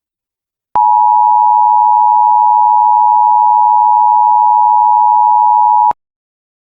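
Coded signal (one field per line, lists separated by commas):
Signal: Emergency Alert System (SAME) tones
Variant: 853 and 960 Hz attention tone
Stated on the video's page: Fictional EAS scenario, not a real alert.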